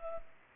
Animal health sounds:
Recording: mosquito wingbeat signal from an infrared sensor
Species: Culex pipiens

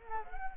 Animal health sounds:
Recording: mosquito wingbeat signal from an infrared sensor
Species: Culex quinquefasciatus

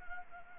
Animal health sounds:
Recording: mosquito wingbeat signal from an infrared sensor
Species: Anopheles arabiensis

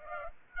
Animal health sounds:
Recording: mosquito wingbeat signal from an infrared sensor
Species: Aedes aegypti

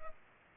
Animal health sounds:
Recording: mosquito wingbeat signal from an infrared sensor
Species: Culex pipiens

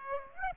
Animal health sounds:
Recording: mosquito wingbeat signal from an infrared sensor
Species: Aedes aegypti

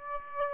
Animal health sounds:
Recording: mosquito wingbeat signal from an infrared sensor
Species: Aedes aegypti

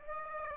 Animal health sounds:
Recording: mosquito wingbeat signal from an infrared sensor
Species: Aedes aegypti

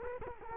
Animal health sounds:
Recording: mosquito wingbeat signal from an infrared sensor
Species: Culex quinquefasciatus

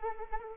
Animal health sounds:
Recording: mosquito wingbeat signal from an infrared sensor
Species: Anopheles arabiensis

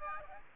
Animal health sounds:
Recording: mosquito wingbeat signal from an infrared sensor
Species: Aedes aegypti

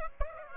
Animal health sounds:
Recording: mosquito wingbeat signal from an infrared sensor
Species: Aedes aegypti

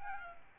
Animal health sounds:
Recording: mosquito wingbeat signal from an infrared sensor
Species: Aedes albopictus

